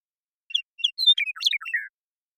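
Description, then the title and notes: Western meadowlark song: a pair of brief whistled intro notes leading into a fast, warbling cascade of liquid notes and a final downslurred phrase. Song, isolated and processed from the original with natural pace and rhythm kept; recorded in the Pacific Northwest, Washington, United States. "Western Meadowlark, Sturnella neglecta, song, contact calls, and flush, isolated and processed from original, natural pace and rhythm maintained, family: Troupials and Allies Recorded in the beautiful Pacific Northwest in Washington, United States"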